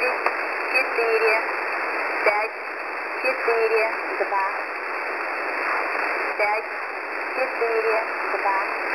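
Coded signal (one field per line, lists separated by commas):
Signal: numbers station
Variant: S06s, Russian voice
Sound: automated voice reading short spoken numbers, evenly spaced, under heavy shortwave hiss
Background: radio static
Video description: A Websdr screen capture of the S06s Number Station. Automated voice in Slavic Russian.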